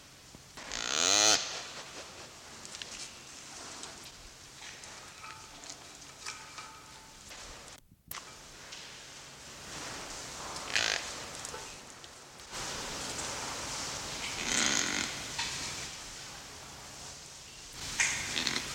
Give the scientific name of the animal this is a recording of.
Tragelaphus spekii